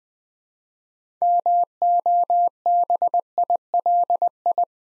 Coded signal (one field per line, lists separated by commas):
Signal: Morse code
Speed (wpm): 20 wpm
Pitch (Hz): 700 Hz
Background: none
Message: MOBILI